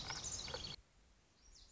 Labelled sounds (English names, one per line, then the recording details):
Lazuli Bunting
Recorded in Sonoma County, California